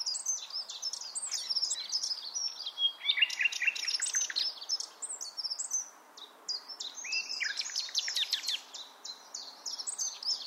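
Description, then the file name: Common nightingale song: dense, fast run of high whistled and chirping notes, varied phrases with brief pauses, faint background hiss. "Luscinia megarhynchos"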